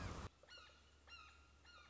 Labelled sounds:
Red-shouldered Hawk (Buteo lineatus)
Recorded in Sonoma County, California

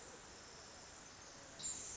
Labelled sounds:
Pacific Wren (Troglodytes pacificus)
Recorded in Sonoma County, California

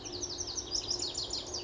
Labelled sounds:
Lazuli Bunting (Passerina amoena)
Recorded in Sonoma County, California

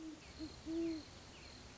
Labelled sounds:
Great Horned Owl (Bubo virginianus)
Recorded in Sonoma County, California

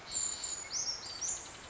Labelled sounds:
Brown Creeper (Certhia americana)
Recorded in Sonoma County, California

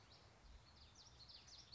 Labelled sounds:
Common Yellowthroat (Geothlypis trichas)
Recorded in Sonoma County, California

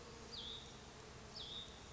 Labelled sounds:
Hutton's Vireo (Vireo huttoni)
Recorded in Sonoma County, California

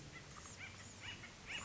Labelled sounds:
Acorn Woodpecker (Melanerpes formicivorus)
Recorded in Sonoma County, California

